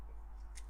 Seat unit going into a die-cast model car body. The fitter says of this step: and you just got me seating like that you really click that satisfying click and